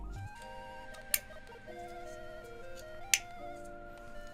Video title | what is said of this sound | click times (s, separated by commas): Is THIS a Gundam?? - Handcam stream | Nice clicks. | 1.1 s, 3.1 s